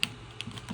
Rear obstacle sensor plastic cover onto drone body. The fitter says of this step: make sure it snaps into place